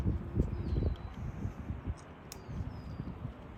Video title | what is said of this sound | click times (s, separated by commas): Mercedes W210 Euro Aspherical Side Mirrors | slide it into place until it snaps in so once it snaps in it will kind of hold it by itself | 2.3 s